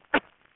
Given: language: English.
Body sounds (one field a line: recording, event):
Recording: throat vibration sensor signal played as sound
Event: cough